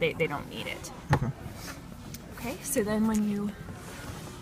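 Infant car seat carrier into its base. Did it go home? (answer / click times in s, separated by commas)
no / none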